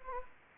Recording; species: mosquito wingbeat signal from an infrared sensor; Anopheles gambiae